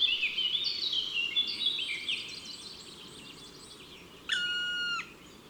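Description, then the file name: Black woodpecker call, a single drawn-out, harmonic-rich note that falls slightly, following several seconds of high twittering songbird song. Recorded in March. "Mars Le Pic noir"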